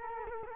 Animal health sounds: mosquito wingbeat signal from an infrared sensor; Culex quinquefasciatus

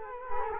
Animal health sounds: mosquito wingbeat signal from an infrared sensor; Culex quinquefasciatus

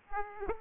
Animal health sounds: mosquito wingbeat signal from an infrared sensor; Aedes aegypti

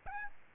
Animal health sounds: mosquito wingbeat signal from an infrared sensor; Aedes albopictus

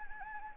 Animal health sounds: mosquito wingbeat signal from an infrared sensor; Anopheles gambiae

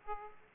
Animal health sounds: mosquito wingbeat signal from an infrared sensor; Aedes aegypti

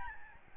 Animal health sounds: mosquito wingbeat signal from an infrared sensor; Aedes albopictus

